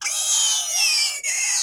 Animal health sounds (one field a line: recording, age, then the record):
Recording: pig call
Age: weaner (32 to 43 days)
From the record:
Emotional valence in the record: negative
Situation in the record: restrain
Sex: male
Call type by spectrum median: high-frequency call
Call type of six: high-frequency stable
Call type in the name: high-frequency stable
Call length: 1.63 s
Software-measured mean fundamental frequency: 571 Hz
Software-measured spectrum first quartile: 3990 Hz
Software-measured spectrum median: 5660 Hz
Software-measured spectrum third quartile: 7025 Hz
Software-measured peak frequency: 6460 Hz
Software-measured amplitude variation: 96 dB a second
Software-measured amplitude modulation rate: 23.3 a second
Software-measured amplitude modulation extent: 4.1 dB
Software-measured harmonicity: 3.2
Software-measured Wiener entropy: -2.41